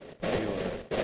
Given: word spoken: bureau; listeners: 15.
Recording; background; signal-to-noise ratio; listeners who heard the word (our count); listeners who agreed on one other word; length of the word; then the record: one English word in noise, from a listening test; noise modulated by three-talker babble; -6.2 dB; 0 of 15; 12 of 15; 0.64 s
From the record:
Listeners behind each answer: 12, 1, 1, 1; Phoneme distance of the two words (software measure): 17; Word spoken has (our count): 2 syllables, 5 phonemes, stress on syllable 2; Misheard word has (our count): 1 syllable, 4 phonemes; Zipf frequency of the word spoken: 3.66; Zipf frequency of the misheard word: 4.35